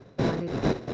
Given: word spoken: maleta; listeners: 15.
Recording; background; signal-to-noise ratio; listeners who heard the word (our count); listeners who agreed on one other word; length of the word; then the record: one Spanish word in noise, from a listening test; noise modulated by one talker; -9.8 dB; 2 of 15; 7 of 15; 0.54 s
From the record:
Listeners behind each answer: 7, 2, 2, 1, 1, 1, 1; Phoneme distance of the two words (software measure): 37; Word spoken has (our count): 3 syllables, 6 phonemes, stress on syllable 2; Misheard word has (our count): 2 syllables, 5 phonemes, stress on syllable 2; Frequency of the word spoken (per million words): 11.14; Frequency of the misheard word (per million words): 44.55